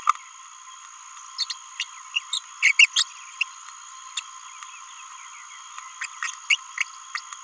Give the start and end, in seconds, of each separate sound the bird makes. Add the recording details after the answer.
1.39-1.44, 1.50-1.52, 1.80-1.83, 2.15-2.19, 2.33-2.38, 2.63-2.72, 2.79-2.86, 2.96-3.03, 3.41-3.43, 4.17-4.20, 6.01-6.05, 6.50-6.55, 6.78-6.83, 7.15-7.19. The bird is a male. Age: 27 days. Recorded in a nest box in Venezuela. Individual 17B31A2